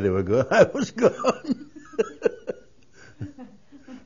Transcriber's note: they laugh